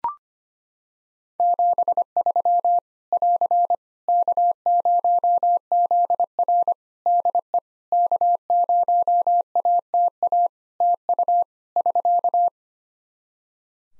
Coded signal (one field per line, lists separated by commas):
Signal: Morse code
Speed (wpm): 25 wpm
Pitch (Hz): 700 Hz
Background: none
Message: 73 <AR> K0ZR DE K0ATA TU <SK>